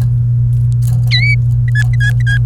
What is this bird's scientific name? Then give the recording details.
Serinus canaria. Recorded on 28 April 2018 at 09:22. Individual llb3